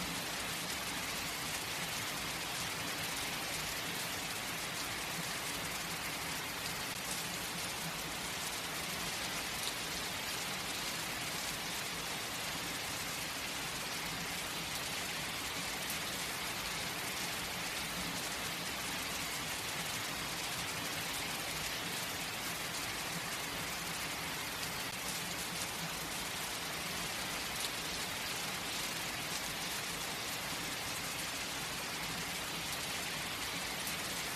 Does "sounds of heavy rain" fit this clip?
yes